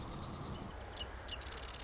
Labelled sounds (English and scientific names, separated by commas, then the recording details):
Marsh Wren (Cistothorus palustris)
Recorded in Sonoma County, California